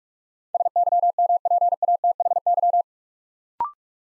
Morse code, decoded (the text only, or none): SYMPATHY